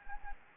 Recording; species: mosquito wingbeat signal from an infrared sensor; Anopheles gambiae